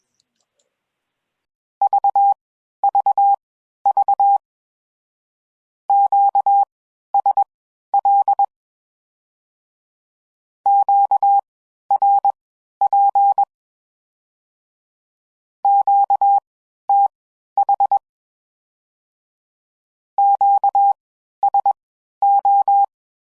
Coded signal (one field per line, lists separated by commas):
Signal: Morse code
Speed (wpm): 21 wpm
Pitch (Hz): 800 Hz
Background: none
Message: VVV QSL QRP QTH QSO